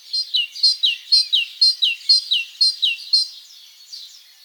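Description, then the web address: Great tit giving a steady series of several ringing two-note phrases, high note then a lower falling one, ending and fading into faint chirps. "SETE data Parus major"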